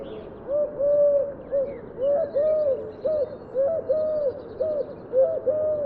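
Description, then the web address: Bird cooing, a steady sequence of low, rounded, drawn-out notes. "Deverinetal 2025 File origin Bird Only"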